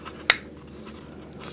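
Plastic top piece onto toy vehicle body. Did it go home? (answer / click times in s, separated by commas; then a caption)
yes / 0.3 s. The plastic top piece of a GI Joe Dreadnok Thunder Machine toy vehicle is fitted over the steering wheel and pressed down onto the plastic body during reassembly. A single sharp, bright click sounds at 0.3 s, with low quiet handling noise around it. The top snaps into place and is seated.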